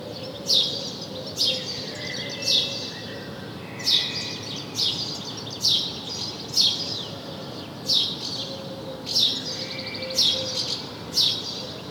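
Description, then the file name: House sparrow chirping, bright, sharp notes repeated about once a second, with soft tonal notes faintly in the background. "Passer domesticus"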